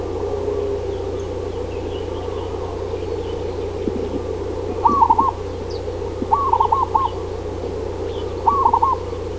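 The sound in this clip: Zebra dove call: three short stuttering, rolling coo phrases in the second half, over a steady low hum with faint high chirps.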